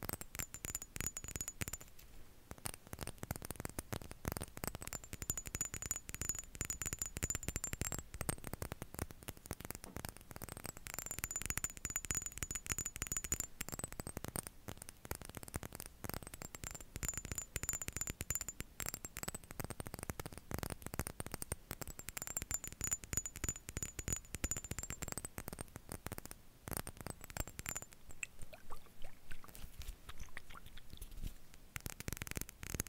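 Dense, continuous tapping and scratching fills the whole half-minute, a rapid crackle of tiny hits with no pauses. Brief dips in the texture come near 2, 27 and 28 seconds. A faint, wavering high whine rises and falls in the background throughout.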